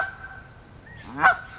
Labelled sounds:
California Towhee

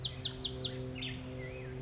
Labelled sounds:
Black-headed Grosbeak

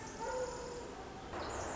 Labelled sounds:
Pacific Wren

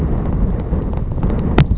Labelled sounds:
Savannah Sparrow

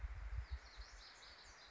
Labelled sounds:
Lazuli Bunting

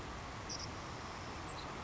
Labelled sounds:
Savannah Sparrow

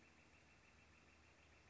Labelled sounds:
Northern Flicker

